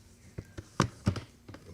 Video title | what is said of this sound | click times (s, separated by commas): Vibe Coding & Unboxing $600 Elgato Prompter XL | Okay, so I think it just snaps right in the very top. | 0.8 s